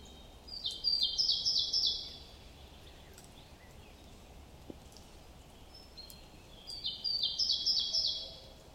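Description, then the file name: Great tit song: a fast series of high, clipped two-part notes lasting over a second, heard twice about six seconds apart, over steady background noise. "Parus major"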